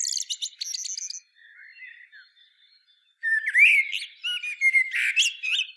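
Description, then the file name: Common blackbird song opening with fast high twittering, then soft low notes and a gap, followed by a loud stretch of fluty warbling and squeaky flourishes. "Turdus merula"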